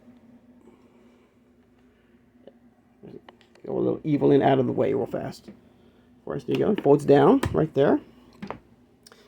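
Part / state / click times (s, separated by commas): hinged plastic panel on a toy castle playset / seated / 8.5 s, 9.1 s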